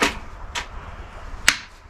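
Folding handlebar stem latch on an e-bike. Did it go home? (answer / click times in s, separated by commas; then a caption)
yes / 1.5 s. The metal folding handlebar stem latch on a Mukkpet Tank foldable fat tire e-bike is pushed home while the handlebars are put on. Two softer knocks at about 0.0 and 0.6 s come before a single sharp, bright snap at 1.5 s. The latch seats firmly in place.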